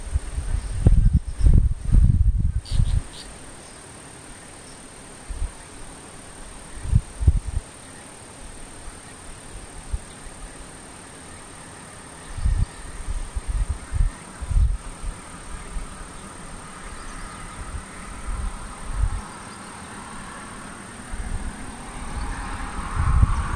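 Insects keep up a thin, steady, very high whine that never changes through the whole recording. Below it, low muffled thumps and rumbles come in irregular bursts, heaviest at the start and again around the middle and end, with a faint murmur toward the close.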